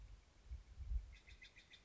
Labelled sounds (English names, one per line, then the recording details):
Steller's Jay
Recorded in Sonoma County, California